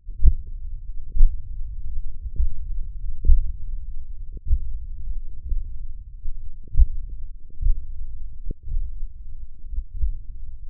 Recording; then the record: forearm muscle sounds (acoustic myography)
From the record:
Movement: hook grip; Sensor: system 1, eight BSWA MPA416 microphones around the upper forearm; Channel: 6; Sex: male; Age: 20 years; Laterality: left